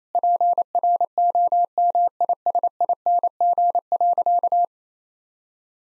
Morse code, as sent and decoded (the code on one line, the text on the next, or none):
.--. .-. --- -- .. ... .. -. --. .-.-.-
PROMISING.